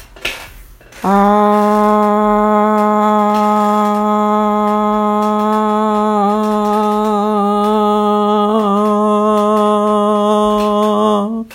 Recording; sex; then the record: sustained vowel /a/; female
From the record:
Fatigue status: no fatigue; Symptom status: asymptomatic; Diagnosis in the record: COVID-19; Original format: m4a